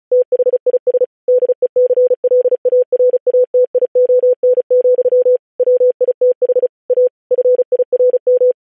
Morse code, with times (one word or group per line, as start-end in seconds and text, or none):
0.1-1.0 THIS
1.3-5.4 DECLARATION,
5.6-6.7 WITH
6.9-7.1 A
7.3-8.5 FIRM